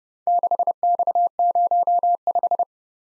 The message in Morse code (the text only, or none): 6X05